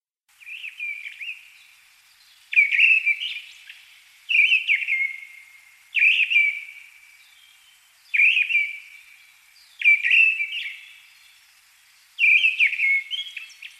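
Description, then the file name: Mistle thrush singing clear whistled phrases, given about every two seconds throughout. "Deryaba Turdus viscivorus - Penie"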